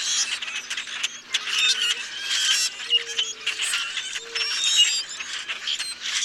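Common grackles: squeaky, creaking notes in clustered bursts, with three low drawn-out whistles in the middle.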